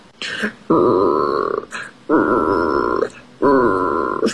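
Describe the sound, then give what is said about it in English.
A voice imitates a hungry bear's growling stomach while reading the children's book Bears' Big Ideas, three loud, drawn-out rumbling groans, each lasting nearly a second and separated by short pauses, with a steady low buzzy tone. “Bear's tummy is growling.”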